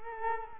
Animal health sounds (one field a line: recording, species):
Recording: mosquito wingbeat signal from an infrared sensor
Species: Culex quinquefasciatus